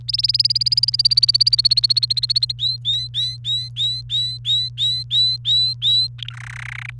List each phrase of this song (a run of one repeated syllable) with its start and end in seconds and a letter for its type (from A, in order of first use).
0.08-2.52 A, 2.59-6.07 B, 6.18-6.33 C, 6.33-6.90 D